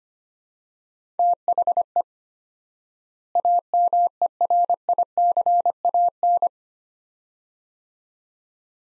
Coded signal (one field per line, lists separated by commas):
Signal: Morse code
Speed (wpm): 25 wpm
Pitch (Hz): 700 Hz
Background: none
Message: THE AMERICAN